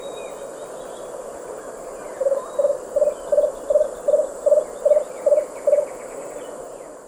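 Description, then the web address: Lemon-throated barbet song: a steady series of about ten low, hollow hooting notes, roughly three per second, over a constant high hum. Recorded in the eastern lowlands of South America. "ENTER Music and Audio. Nature Songs S America Eastern Lowlands. Lemon-throated Barbet"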